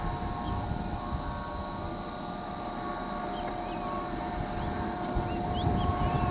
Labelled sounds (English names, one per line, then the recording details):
none
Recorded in pastures near Pivijay, Magdalena, Colombia, on 16 April 2023 at 14:30
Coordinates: 10.456, -74.369
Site P6-G026